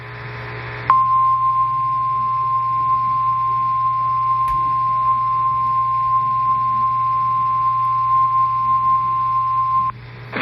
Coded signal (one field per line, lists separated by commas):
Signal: Emergency Alert System (SAME) tones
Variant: 1050 Hz attention tone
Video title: Eas Fwd svr on KEC55 Eas#1962